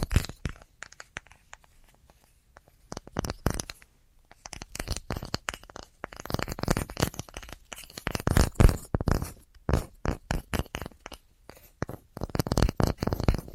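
Tapping sounds arrive in quick bursts of crisp, sharp clicks and scratchy taps, tightly packed and irregular. A short lull comes near the four-second mark, then the tapping returns and runs almost continuously to the end, bright and crackly with little low sound underneath.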